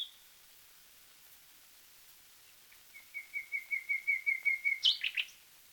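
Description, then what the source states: Common nightingale song: quiet opening, then a steady run of about a dozen repeated whistled notes ending in a harsh burst. Taken from a 1936 disc of wild bird songs, side A.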